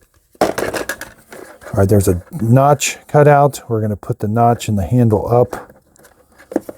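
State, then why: Seated. Someone talks while setting the plastic dust bin of a Eufy E25 robot vacuum back in, notch and handle up, after it was cleaned, with a few light handling knocks underneath. The bin is then rotated down and gives a sharp click at 6.6 s as it seats in place.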